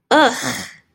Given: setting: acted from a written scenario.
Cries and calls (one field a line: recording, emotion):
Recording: vocal sound without words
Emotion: contempt